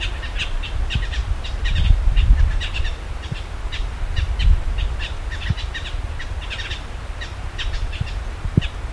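Bird calls: rapid, high, clipped chirps in quick succession, with a steady low rumble underneath.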